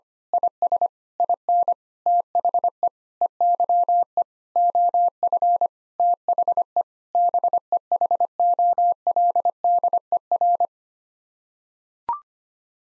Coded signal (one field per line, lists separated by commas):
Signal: Morse code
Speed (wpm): 25 wpm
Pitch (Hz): 700 Hz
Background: none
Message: IS IN THE EYE OF THE BEHOLDER